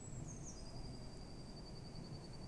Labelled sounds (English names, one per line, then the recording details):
Eurasian Blue Tit
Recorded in Germany
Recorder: ecoPi